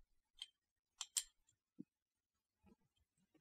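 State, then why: Seated. A metal spring plate is pushed back into the frame of a Zastava M70 pistol. Light metallic ticks come at 0.4 s and 1.0 s, then a sharper click at 1.2 s as the plate pops into place at the rear, and it is confirmed seated. A dull low thump follows at about 1.8 s, and soft handling knocks come near 2.7 s.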